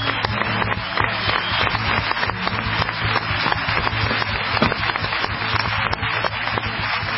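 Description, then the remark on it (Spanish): Sustained audience applause for Jorge Ferraresi, vice president of the Instituto Patria and mayor of Avellaneda: a dense crackle of many hands clapping at a steady, fairly loud level for several seconds, with a low steady hum underneath and no voices. “Le pido un fuerte aplauso.”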